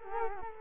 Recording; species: mosquito wingbeat signal from an infrared sensor; Culex quinquefasciatus